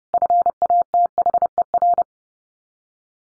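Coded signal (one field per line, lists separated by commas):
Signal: Morse code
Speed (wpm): 30 wpm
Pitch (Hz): 700 Hz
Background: none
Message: FATHER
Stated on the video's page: Top 200 English words drill at 30 wpm, each word sent three times, then once more.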